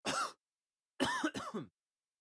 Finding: Male coughing.